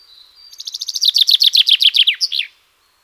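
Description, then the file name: Common chaffinch singing a rapid trill of crisp repeated, downslurred notes, then closing with an emphatic terminal flourish. No other sounds stand out. "Fringilla coelebs"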